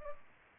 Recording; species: mosquito wingbeat signal from an infrared sensor; Culex pipiens